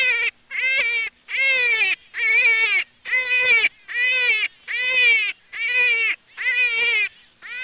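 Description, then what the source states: Jackrabbit cries: strong harmonic squeals with wavering pitch, repeated roughly once a second with clear gaps. Juvenile.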